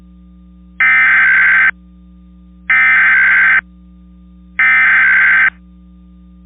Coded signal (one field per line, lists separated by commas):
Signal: Emergency Alert System (SAME) tones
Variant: header bursts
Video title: EAS Mock - Civil Emergency Message (Colorado)